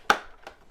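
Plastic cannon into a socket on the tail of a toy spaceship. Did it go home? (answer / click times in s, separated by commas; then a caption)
yes / 0.1 s. A plastic cannon is pushed into a hole on the tail of a toy spaceship and pops into its socket with a sharp, bright click at 0.1 s, followed by a fainter tap at about 0.5 s. The cannon seats easily.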